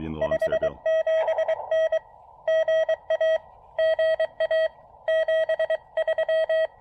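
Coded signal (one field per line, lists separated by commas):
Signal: Morse code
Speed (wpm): 19 wpm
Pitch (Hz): 620 Hz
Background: none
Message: 57N GA GA 73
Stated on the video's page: QRP Morse during a POTA park activation at a state forest on a rainy day.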